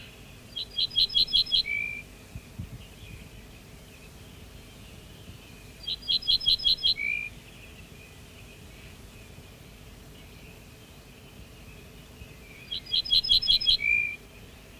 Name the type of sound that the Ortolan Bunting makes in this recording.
song